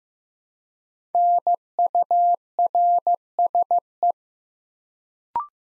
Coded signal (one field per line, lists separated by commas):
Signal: Morse code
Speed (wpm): 15 wpm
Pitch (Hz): 700 Hz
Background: none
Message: NURSE